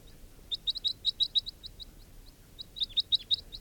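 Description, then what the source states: Crossbill calls, clear high chipping notes given in quick runs of several, pausing briefly before another run, with a quiet background. Around 8:55, with wild crossbills around.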